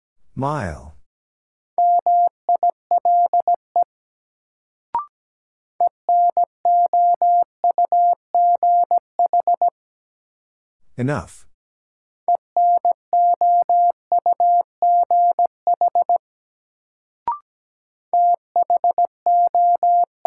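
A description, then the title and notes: A word sent in Morse code as a steady mid-pitched beeping tone, with short dots and longer dashes in quick bursts. Runs of keying span roughly 2–4, 6–10, 12–16 and 18–20 seconds, separated by short rushing swells near the start and at 11 seconds, plus single clicks. First, the word is sent in Morse code.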